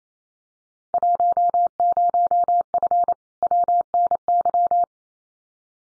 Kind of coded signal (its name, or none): Morse code